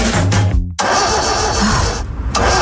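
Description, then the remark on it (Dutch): In a Marktplaats radio advert, a car engine with starting problems cranks and strains to turn over, churning loudly for under a second before abruptly cutting out, leaving a steady rumbling hiss afterward. “geniet ze nu van een auto zonder opstartproblemen.”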